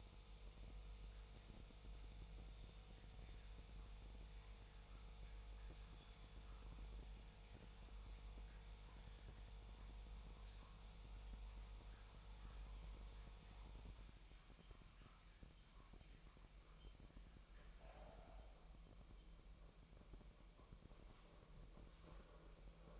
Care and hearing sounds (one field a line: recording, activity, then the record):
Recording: daily activity, microphone in the room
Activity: make coffee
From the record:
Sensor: 1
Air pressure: 1002.0 hPa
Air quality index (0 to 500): 243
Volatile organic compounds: 48 ppm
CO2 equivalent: 3262 ppm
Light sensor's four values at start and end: 8/28/10/11 and 8/28/10/11